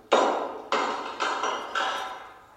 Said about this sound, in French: Prenez ce gros marteau, cassez-le. Dépêchez-vous.